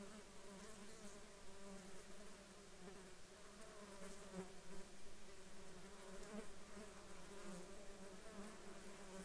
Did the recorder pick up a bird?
no